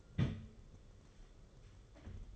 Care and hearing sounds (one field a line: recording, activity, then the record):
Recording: daily activity, microphone in the room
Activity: place on stove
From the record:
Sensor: 4